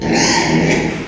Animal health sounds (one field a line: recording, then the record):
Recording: squeal of a Yucatan mini pig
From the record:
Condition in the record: before surgery on the right vocal fold (resection and tissue-engineered implant)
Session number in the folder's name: 1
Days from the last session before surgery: -3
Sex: male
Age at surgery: 12 weeks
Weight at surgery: 13 kg